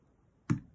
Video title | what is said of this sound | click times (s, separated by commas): How to use rivets on your bags by Lisa Lam | you go did you hear now i know that they're both married together and in place | 0.5 s